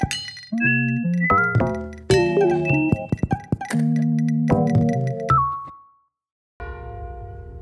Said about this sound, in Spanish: Estuvimos escuchando un concierto de campanas realizado por … en la ciudad de Rosario, en el marco del Festival Humedal que se llevó a cabo el fin de semana pasado en la misma ciudad.